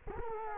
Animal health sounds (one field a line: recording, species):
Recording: mosquito wingbeat signal from an infrared sensor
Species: Culex quinquefasciatus